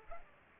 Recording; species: mosquito wingbeat signal from an infrared sensor; Culex pipiens